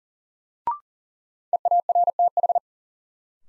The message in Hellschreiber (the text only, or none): none